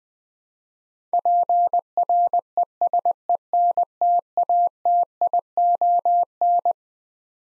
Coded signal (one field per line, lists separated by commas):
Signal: Morse code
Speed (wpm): 20 wpm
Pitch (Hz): 700 Hz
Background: none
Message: PRESENTATION